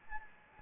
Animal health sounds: mosquito wingbeat signal from an infrared sensor; Anopheles gambiae

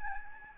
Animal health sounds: mosquito wingbeat signal from an infrared sensor; Aedes albopictus

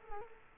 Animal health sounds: mosquito wingbeat signal from an infrared sensor; Culex quinquefasciatus

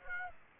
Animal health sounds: mosquito wingbeat signal from an infrared sensor; Aedes aegypti

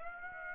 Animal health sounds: mosquito wingbeat signal from an infrared sensor; Aedes aegypti

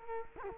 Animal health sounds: mosquito wingbeat signal from an infrared sensor; Culex quinquefasciatus

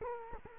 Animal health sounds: mosquito wingbeat signal from an infrared sensor; Culex quinquefasciatus

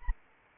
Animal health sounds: mosquito wingbeat signal from an infrared sensor; Anopheles arabiensis

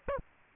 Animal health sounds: mosquito wingbeat signal from an infrared sensor; Aedes aegypti

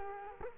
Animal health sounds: mosquito wingbeat signal from an infrared sensor; Culex quinquefasciatus

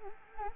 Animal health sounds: mosquito wingbeat signal from an infrared sensor; Anopheles arabiensis

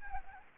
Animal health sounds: mosquito wingbeat signal from an infrared sensor; Anopheles arabiensis

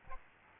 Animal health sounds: mosquito wingbeat signal from an infrared sensor; Aedes albopictus

